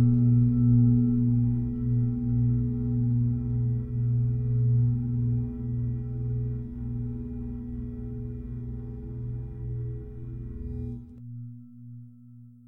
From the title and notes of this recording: Reiki Healing | Tibetan Singing Bowls for Mental, Physical, Spiritual and Emotional Healing. The resonating sounds of the Tibetan singing bowls.